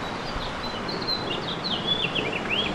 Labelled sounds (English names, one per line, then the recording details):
House Finch song
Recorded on Long Island, New York, on 8 May 2012
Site VS
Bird B